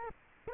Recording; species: mosquito wingbeat signal from an infrared sensor; Culex quinquefasciatus